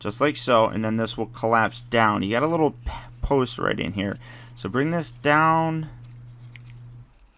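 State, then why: Seated. Someone talks while transforming a plastic Transformers Legacy Leader Class Transmetal II Megatron action figure, collapsing its leg section and bringing it down onto a small locating post. A sharp plastic click at 6.6 s marks the leg section seating onto the post, followed by fainter taps.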